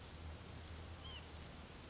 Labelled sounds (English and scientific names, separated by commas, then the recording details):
White-breasted Nuthatch (Sitta carolinensis)
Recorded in Sonoma County, California